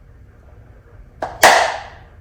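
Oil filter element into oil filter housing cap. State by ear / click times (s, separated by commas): seated / 1.2 s, 1.4 s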